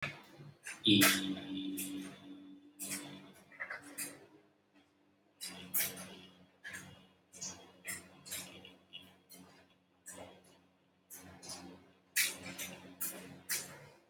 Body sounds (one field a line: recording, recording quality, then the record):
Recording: sustained vowel as in beet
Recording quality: moderate, slight background noise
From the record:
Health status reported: healthy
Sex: male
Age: 30 years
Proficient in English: yes